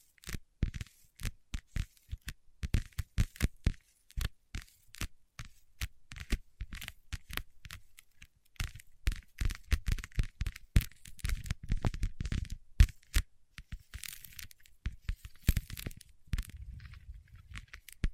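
Waxy fingertips make a dense, irregular stream of sharp cracks and sticky pops, with heavier rubbing swells around twelve and sixteen seconds.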